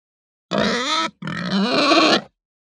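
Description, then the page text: Pig squealing angrily, two harsh drawn-out screams, the second longer and wavering. Hampshire breed; angry grunt and squeal. "Hampshire Pig Grunt Squeal Angry - Quick Sounds"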